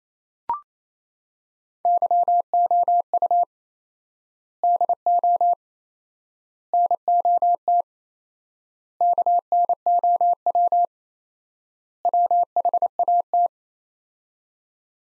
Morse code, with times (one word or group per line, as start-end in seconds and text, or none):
1.9-3.4 YOU
4.6-5.5 DO
6.7-7.8 NOT
9.0-10.8 KNOW
12.1-13.5 WHAT